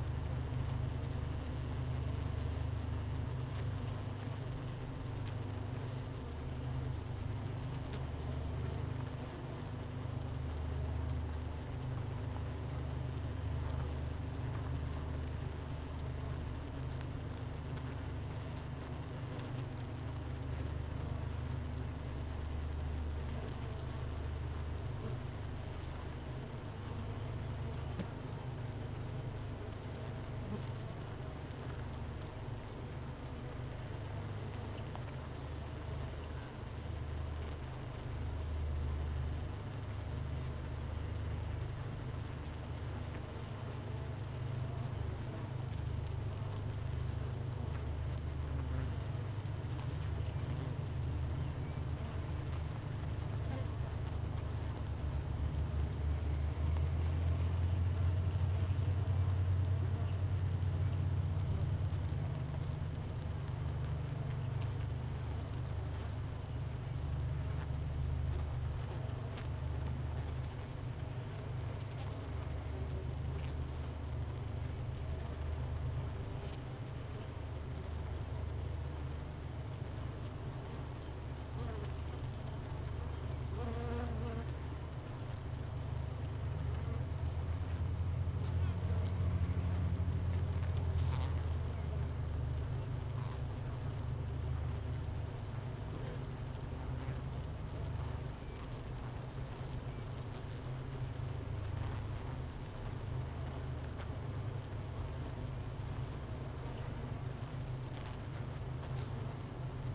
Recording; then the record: honeybee colony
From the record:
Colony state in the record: missing queen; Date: 31 May 2018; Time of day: 10:02